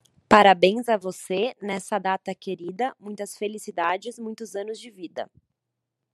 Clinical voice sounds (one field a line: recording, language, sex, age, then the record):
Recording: short text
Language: Brazilian Portuguese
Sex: female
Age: 20 to 29 years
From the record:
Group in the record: control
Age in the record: 29 years